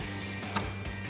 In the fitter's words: you'll feel it clip into place, like that.